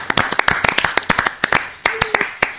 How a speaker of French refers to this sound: Et en plus, on l'applaudit.